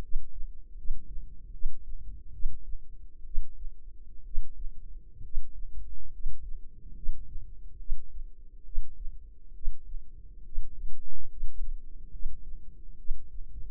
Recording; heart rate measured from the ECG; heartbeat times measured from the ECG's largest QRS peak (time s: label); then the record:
heart sounds by microphone in the left ear; 69 bpm
0.01 s: heartbeat
0.76 s: heartbeat
1.52 s: heartbeat
2.32 s: heartbeat
3.24 s: heartbeat
4.24 s: heartbeat
5.23 s: heartbeat
6.11 s: heartbeat
6.95 s: heartbeat
7.78 s: heartbeat
8.64 s: heartbeat
9.54 s: heartbeat
10.44 s: heartbeat
11.29 s: heartbeat
12.11 s: heartbeat
12.97 s: heartbeat
From the record:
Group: healthy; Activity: rest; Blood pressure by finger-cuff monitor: 99/48 mmHg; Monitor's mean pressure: 58 mmHg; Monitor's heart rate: 71 bpm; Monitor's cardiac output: 6.7 L/min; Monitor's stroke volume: 92 mL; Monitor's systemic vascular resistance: 630 dyn s/cm5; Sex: male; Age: 25 years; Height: 170 cm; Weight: 70.4 kg